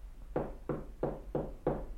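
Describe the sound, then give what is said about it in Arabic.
Five steady knocks on the door of a famous midwife's house, evenly spaced in a quick, firm rhythm, each a hollow wooden thud with a short ring, and no voices. “من الذي يدق الباب؟”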